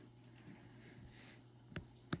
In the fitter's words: Clicking into place.